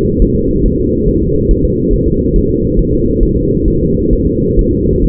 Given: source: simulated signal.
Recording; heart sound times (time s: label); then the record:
fetal heart sounds
0.22 s: S1
0.36 s: S2
0.66 s: S1
0.80 s: S2
1.09 s: S1
1.23 s: S2
1.51 s: S1
1.65 s: S2
1.93 s: S1
2.08 s: S2
2.36 s: S1
2.50 s: S2
2.79 s: S1
2.93 s: S2
3.23 s: S1
3.37 s: S2
3.68 s: S1
3.82 s: S2
4.13 s: S1
4.27 s: S2
4.59 s: S1
4.73 s: S2
5.04 s: S1
From the record:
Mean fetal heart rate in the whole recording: 135 bpm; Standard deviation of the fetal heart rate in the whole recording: 3 bpm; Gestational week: 36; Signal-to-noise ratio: -10.2 dB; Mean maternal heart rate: 72 bpm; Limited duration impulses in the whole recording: present